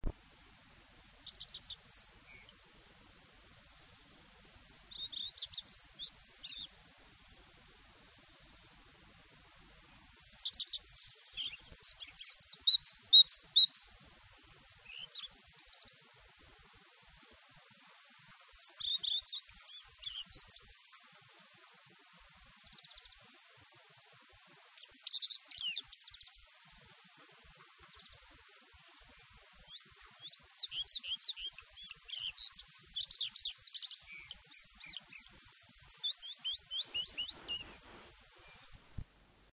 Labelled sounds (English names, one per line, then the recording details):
Common Redstart song
Great Tit
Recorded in the wild
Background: Parus major
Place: Garmisch-Partenkirchen, Bayern, DE
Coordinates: 47.4914, 11.0694
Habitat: urban area
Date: 1966-04-17
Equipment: Vollspur
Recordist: Tretzel, Erwin
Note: Maximilianstraße: Gartenrotschwanz: Gesang mit Fitis-Imitation